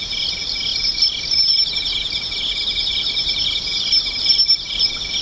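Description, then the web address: Insects calling in a thick, high, buzzing trill with a steady rapid pulse beneath, the chorus swelling slightly now and then. "cats nishikawa 201110 mushinokoi"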